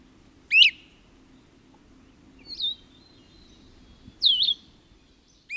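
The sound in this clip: Great Crested Flycatcher calling: an abrupt whistled note, then a softer slurred note and a louder downward-curving call, with another note starting at the end; low background hum throughout.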